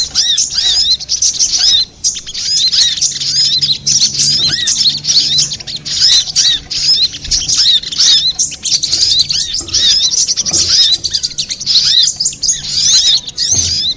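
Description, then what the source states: Little spiderhunter singing continuously, a busy torrent of high, thin chirps and downslurred whistles with only brief breaks. Master recording for training cage birds, labelled Labaik.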